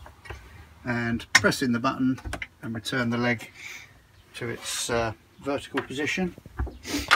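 Someone talks while a motorhome table's folding leg is handled: the button is pressed and the leg is being returned to its vertical position, with a couple of brief soft knocks around 6.6 s. The leg has not locked home yet, and no click is heard.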